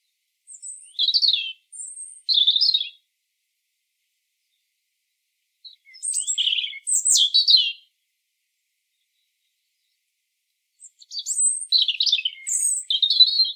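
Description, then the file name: European robin singing three separate phrases of high, thin, tinkling notes and quick warbles, with pauses of a few seconds between them, otherwise quiet. "Erithacus rubecula"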